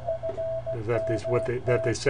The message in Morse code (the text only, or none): FMT